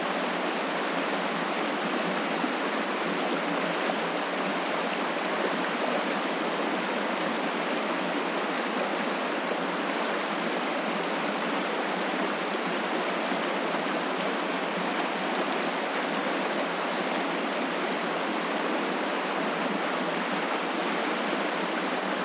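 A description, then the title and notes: A river rushes steadily past, a dense, unbroken wash of moving water with a bright hiss on top and little low rumble. The level stays constant for the whole stretch, full, with no separate splashes or other sounds standing out. I recorded this at the Pine Island Reserve in the ACT. Sounds of the Murrumbidgee River.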